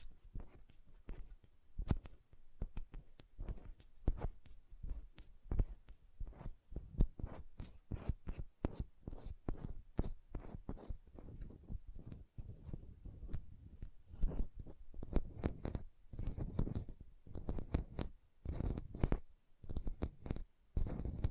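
Fingernails tap in quick, irregular bursts throughout, each tap a sharp click with a soft low thump beneath it. The rhythm shifts between clustered flurries and brief pauses, with taps growing denser and heavier after about fifteen seconds, over a faint quiet hiss.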